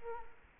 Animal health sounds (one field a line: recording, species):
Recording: mosquito wingbeat signal from an infrared sensor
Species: Culex quinquefasciatus